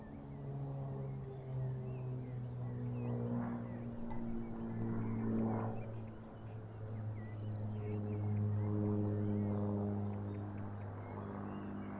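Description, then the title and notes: Cricket chirping in rapid high pulses throughout, over a loud, swelling engine drone with layered humming tones and some bird chirps. Crickets chirping on an unnamed road at Vogtsburg im Kaiserstuhl, Germany, overlooking a wide plain, with small aircraft engine noise. "Unnamed Road, 79235 Vogtsburg im Kaiserstuhl, Deutschland - Grillen zirpen. Zirpen der Grillen. Motorenlärm eines Kleinflugzeugs"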